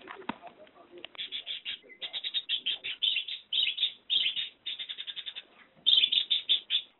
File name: Budgie Sounds Asli